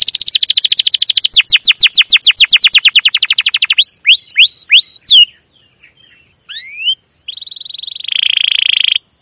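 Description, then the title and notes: Domestic canary song: fast trill of falling chirps, then separate rising whistles, a short pause, upswept notes and a buzzy rolling phrase. Long, emotive chirping canary song used as a lure and master recording for training young canaries to learn the sound. "CUIT CUIT NGEROL LANGSUNG GACOR PANJANG Kenari Ini AMPUH Utk Pancingan KENAR. PANCINGAN Kenari GACOR PANJANG Cuit CUIT EMOSI ini AMPUH utk MASTERAN Kenari PAUD belajar BUNYI. burung kenari"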